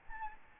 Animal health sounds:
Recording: mosquito wingbeat signal from an infrared sensor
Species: Aedes albopictus

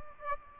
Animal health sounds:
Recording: mosquito wingbeat signal from an infrared sensor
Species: Aedes aegypti

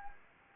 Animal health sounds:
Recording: mosquito wingbeat signal from an infrared sensor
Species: Anopheles arabiensis

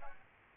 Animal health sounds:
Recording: mosquito wingbeat signal from an infrared sensor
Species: Aedes aegypti

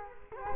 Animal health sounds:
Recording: mosquito wingbeat signal from an infrared sensor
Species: Culex quinquefasciatus

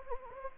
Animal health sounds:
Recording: mosquito wingbeat signal from an infrared sensor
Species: Anopheles gambiae

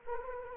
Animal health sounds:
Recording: mosquito wingbeat signal from an infrared sensor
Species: Anopheles arabiensis

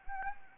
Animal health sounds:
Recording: mosquito wingbeat signal from an infrared sensor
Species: Anopheles arabiensis

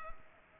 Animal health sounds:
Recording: mosquito wingbeat signal from an infrared sensor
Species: Culex pipiens

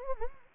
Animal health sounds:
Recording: mosquito wingbeat signal from an infrared sensor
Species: Anopheles gambiae

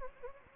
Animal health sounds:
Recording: mosquito wingbeat signal from an infrared sensor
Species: Anopheles gambiae

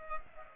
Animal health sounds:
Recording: mosquito wingbeat signal from an infrared sensor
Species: Culex pipiens

